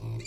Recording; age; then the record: pig call; weaner (32 to 43 days)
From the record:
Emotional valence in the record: negative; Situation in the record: novel object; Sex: female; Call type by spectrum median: low-frequency call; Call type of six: mixed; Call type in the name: high-frequency modulated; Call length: 0.27 s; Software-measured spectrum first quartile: 112 Hz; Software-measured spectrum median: 292 Hz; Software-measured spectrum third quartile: 2182 Hz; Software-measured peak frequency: 115 Hz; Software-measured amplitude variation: 76 dB a second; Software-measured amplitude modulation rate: 24.4 a second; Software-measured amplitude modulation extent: 3.1 dB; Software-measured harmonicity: 5.4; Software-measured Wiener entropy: -4.28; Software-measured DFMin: 1223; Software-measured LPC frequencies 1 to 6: 2305, 3902, 4714, 5801, 7145, 7905 Hz